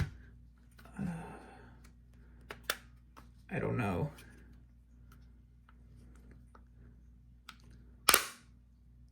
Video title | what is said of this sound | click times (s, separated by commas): From Sidearm to Sniper: AAP-01 CFR Carbine Build | Yeah, it does just snap in place. | 8.1 s